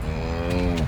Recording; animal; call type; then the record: contact call of a hoofed animal; cattle; low-frequency (closed-mouth) or high-frequency (open-mouth) call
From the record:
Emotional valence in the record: negative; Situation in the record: full separation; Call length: 0.88 s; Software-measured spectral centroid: 2010 Hz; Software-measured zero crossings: 1080 a second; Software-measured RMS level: -24 dBFS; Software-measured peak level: -12 dBFS